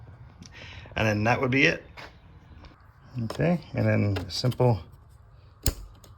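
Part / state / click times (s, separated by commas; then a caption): electrical connector plugging into its socket in the engine bay / seated / 5.7 s. An electrical plug in the engine bay of a 2019 Subaru Outback is pushed back onto its socket after the spark plug job while someone talks. A sharp click at 5.7 s is the plug locking into place, and the connector is seated.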